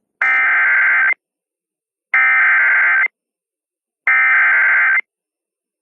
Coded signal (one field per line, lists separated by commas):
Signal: Emergency Alert System (SAME) tones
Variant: header bursts